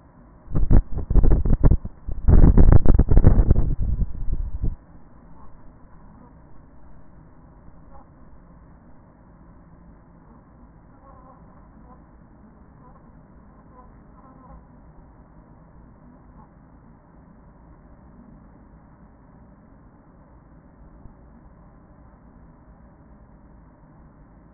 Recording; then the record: honeybee colony, microphone inside the hive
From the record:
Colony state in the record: queen present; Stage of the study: after two queens were removed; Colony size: about 40,000 bees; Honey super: no